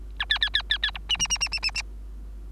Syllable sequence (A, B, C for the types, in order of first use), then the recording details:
A B B B B B C D D D D D D D. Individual Bird3